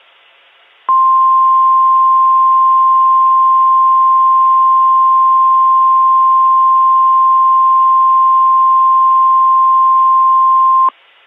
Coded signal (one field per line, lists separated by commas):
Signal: Emergency Alert System (SAME) tones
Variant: 1050 Hz attention tone